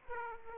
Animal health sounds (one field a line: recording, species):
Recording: mosquito wingbeat signal from an infrared sensor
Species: Aedes aegypti